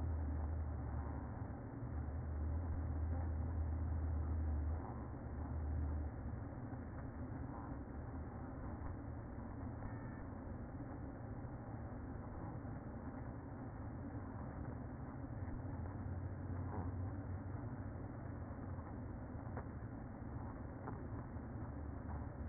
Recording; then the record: honeybee colony, microphone inside the hive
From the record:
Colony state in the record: queen present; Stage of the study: after two queens were removed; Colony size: about 60,000 bees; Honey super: yes